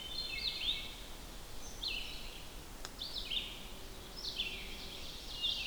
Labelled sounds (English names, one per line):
Red-eyed Vireo song